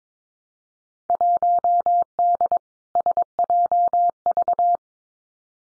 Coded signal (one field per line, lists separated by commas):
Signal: Morse code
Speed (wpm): 22 wpm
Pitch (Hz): 700 Hz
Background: none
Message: 1D SJV